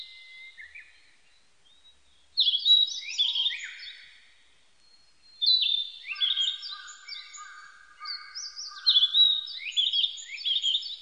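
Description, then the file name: Narcissus flycatcher song: bright whistled and buzzy phrases in three bursts separated by pauses, with quieter whistles early on. Recorded 25 April 1998; identified by the Japanese name kibitaki. "980425 kibitaki"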